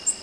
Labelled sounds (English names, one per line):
Nashville Warbler flight call